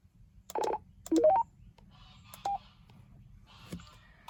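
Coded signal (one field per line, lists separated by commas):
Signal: roger beep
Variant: CB radio roger beep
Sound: brief warbling chirp, then a rising five-note beep run, then a single short tone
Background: radio static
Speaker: Now, is that Roger be controllable? Is that something you can turn on and off? Yep. In fact, I can change it. I think it has a few settings. Let me check them out. All right, yeah, it's got 6 different settings for Roger Beep.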